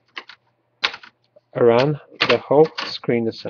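Plastic screen bezel clips on the display lid of a Toshiba Satellite P845 laptop are worked loose around the screen, giving short, sharp snaps at 0.2 s and 0.9 s. Someone talks over the sounds, and the bezel clips snap off and come free.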